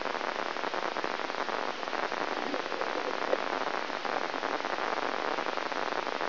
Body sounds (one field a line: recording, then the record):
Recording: brain microelectrode recording played as sound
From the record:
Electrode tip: inside the subthalamic nucleus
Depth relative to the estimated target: 1 mm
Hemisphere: left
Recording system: AlphaMap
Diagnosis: Parkinson's disease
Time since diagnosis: 20 years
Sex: female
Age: 65 years